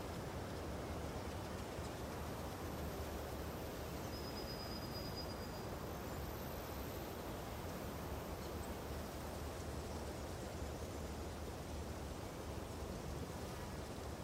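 Spring forest ambience: a dense, steady wash of soft rushing sound, like wind through leaves, holds level for the whole stretch with no breaks. Around four to five seconds a thin, high whistle or bird note briefly rises above it.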